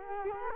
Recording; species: mosquito wingbeat signal from an infrared sensor; Culex quinquefasciatus